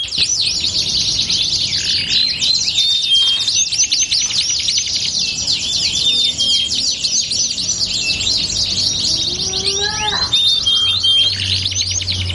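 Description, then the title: Belgian canary song: fast high trilling throughout, broken by short flat whistles and, near the end, a quick series of rising lower notes. Belgian canary song used as a lure to warm up canaries so they start singing along within seconds. "Canto Para Esquentar Canário Belga. LANGSUNG NYAUT. Pancingan suara kenari hitungan detik langsung ikut bunyi"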